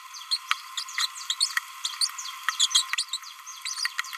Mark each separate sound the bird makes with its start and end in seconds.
0.32-0.37, 0.77-0.83, 0.98-1.06, 1.30-1.34, 2.01-2.10, 2.60-2.66, 2.74-2.86, 3.13-3.19, 3.65-3.87